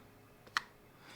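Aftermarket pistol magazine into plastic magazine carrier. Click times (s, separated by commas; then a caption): 0.6 s. An aftermarket pistol magazine is pushed into a plastic magazine carrier. A faint scrape at 0.5 s is followed by one sharp, bright click at 0.6 s as the magazine seats in place.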